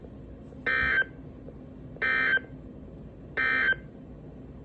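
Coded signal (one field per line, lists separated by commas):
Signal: Emergency Alert System (SAME) tones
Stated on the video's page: Real NOAA Weather Radio severe thunderstorm warnings from transmitter KIG86, Columbus, Ohio.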